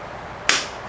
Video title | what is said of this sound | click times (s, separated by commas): Nissan Front Strut Replacement on 2008 Nissan Versa | you should hear them click | 0.5 s